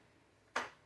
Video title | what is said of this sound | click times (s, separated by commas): Barnett wildcat crossbow review, and assembled it | Make sure you match it in there. Make sure you get just like click, click. | 0.6 s